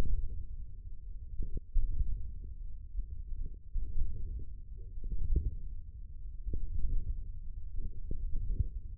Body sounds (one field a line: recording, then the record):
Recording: forearm muscle sounds (acoustic myography)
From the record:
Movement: hook grip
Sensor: system 1, eight BSWA MPA416 microphones around the upper forearm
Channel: 7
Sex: male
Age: 20 years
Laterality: left